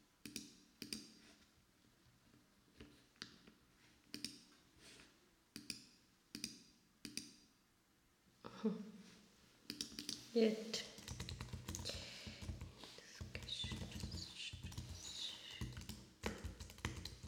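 Keyboard typing starts as separate, evenly spaced key presses, one roughly every 0.7 seconds, each a short sharp clack. Around the ninth second the typing turns fast and continuous, a dense clatter of overlapping keystrokes that keeps up loudly to the end.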